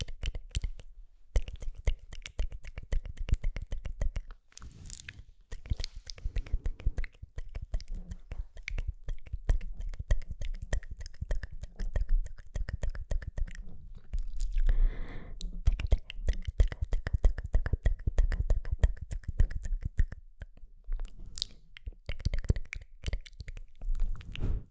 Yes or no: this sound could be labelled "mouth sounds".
yes